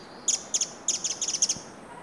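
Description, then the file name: Eurasian wren calling with a quick, uneven series of many sharp dry ticks against quiet background noise. "Troglodytes troglodytes"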